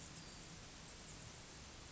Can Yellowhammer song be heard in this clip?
no